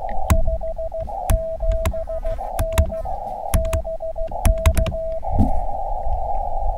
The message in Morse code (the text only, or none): 57N BK